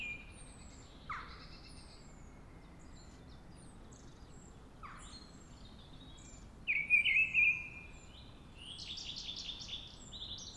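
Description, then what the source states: Mistle Thrush song: one loud warbled phrase partway through, with a faint chorus of other birds twittering high and thin throughout. Singing at dawn.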